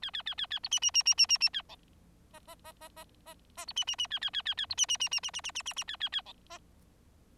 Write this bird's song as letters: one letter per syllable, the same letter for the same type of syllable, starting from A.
A A A A A B C C C C C C C A D E E E E E E E B C C C A A A A A B C C C C C C C C C C A A A D E